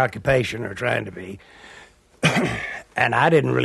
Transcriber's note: soundbite of clearing throat